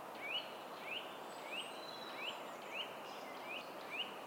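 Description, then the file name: Eurasian nuthatch calling a run of upslurred whistles at steady short intervals, with continuous hiss and faint thin high notes behind. "Sitta europaea"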